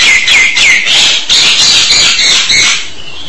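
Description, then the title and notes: Starling song: loud, dense harsh chattering with squeaky whistles woven through, pouring out without a break for about three seconds. "suara burung jalak"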